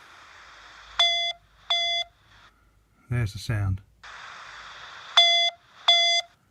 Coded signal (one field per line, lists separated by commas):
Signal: none